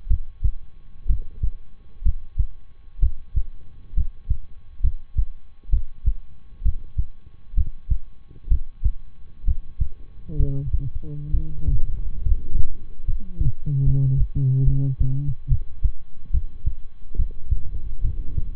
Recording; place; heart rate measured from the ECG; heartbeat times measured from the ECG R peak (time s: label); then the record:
heart sounds by stethoscope; between the tricuspid and mitral areas; 67 bpm
0.07 s: heartbeat
1.06 s: heartbeat
2.02 s: heartbeat
2.99 s: heartbeat
3.93 s: heartbeat
4.80 s: heartbeat
5.69 s: heartbeat
6.61 s: heartbeat
7.53 s: heartbeat
8.47 s: heartbeat
9.44 s: heartbeat
10.36 s: heartbeat
11.30 s: heartbeat
12.22 s: heartbeat
13.04 s: heartbeat
13.83 s: heartbeat
14.63 s: heartbeat
15.47 s: heartbeat
16.30 s: heartbeat
17.15 s: heartbeat
18.01 s: heartbeat
From the record:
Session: rest, lying down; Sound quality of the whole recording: good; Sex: male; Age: 23 years